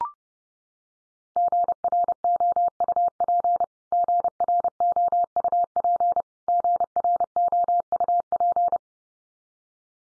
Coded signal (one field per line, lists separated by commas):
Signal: Morse code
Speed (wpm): 28 wpm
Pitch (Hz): 700 Hz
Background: none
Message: GROUP GROUP GROUP